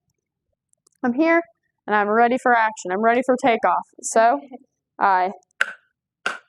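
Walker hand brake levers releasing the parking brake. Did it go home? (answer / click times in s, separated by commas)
released / 5.6 s, 6.3 s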